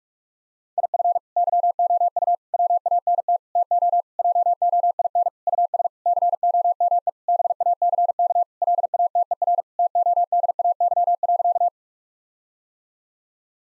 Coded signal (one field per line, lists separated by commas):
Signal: Morse code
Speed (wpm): 46 wpm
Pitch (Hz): 700 Hz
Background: none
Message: IF YOU WANT TO JOIN US COME BACK LATER TODAY.